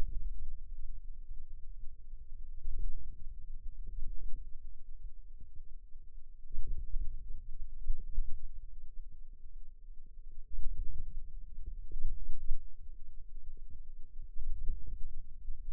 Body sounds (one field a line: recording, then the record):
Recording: forearm muscle sounds (acoustic myography)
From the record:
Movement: ulnar deviation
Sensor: system 2, bracelet of six BSWA MPA416 microphones around the upper forearm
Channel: 1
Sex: female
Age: 21 years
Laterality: right